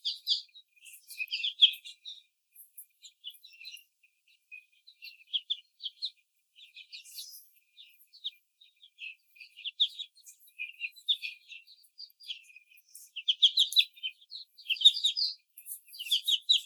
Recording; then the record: young laying hens in a cage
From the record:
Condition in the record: after the stressor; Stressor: simulated dog barking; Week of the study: 4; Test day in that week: 2